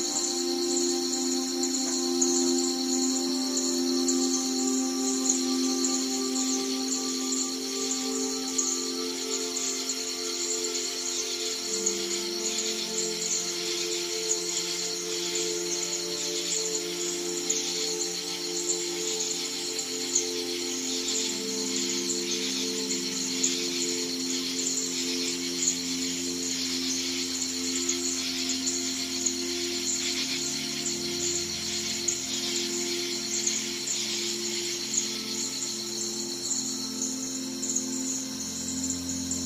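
Everglades nature sounds: a dense, steady chorus of high insect trilling runs through the whole recording without a break. From about ten seconds on, low humming tones join underneath, shifting up and down in pitch in slow steps until the end.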